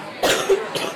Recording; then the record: coughing mixed with background sound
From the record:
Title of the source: 34 coughing up crap again